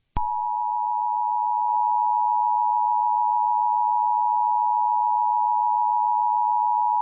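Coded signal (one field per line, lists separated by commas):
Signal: Emergency Alert System (SAME) tones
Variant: 853 and 960 Hz attention tone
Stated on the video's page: Simulated EAS mock with valid tones, themed on DayZ Namalsk.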